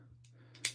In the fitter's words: at least not till did you hear that click the liner popped right out